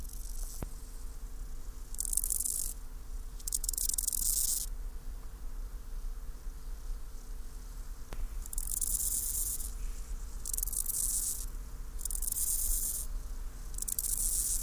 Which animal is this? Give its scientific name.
Chorthippus dorsatus